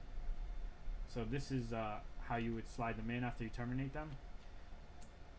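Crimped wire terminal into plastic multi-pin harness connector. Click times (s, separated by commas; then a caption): 5.0 s. Someone talks while a terminated ground wire, the darkest-colored one, has its crimp terminal slid into a cavity of a plastic multi-pin harness connector for an Acura TL navigation sub-display harness meant for a Tesla-style or 9" Android screen. A short, faint click at 5.0 s marks the terminal latching, and it is seated.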